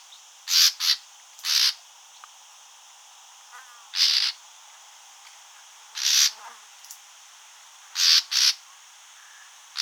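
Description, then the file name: Common nightingale giving harsh, rasping noisy calls, singly or in quick pairs, with pauses between bursts, over a faint steady background hiss. "Luscinia megarhynchos"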